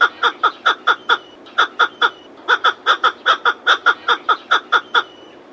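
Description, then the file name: Rock partridge call, a fast series of harsh, clucking chuk notes in several short bursts separated by brief pauses. "Steinhuhn Ruf"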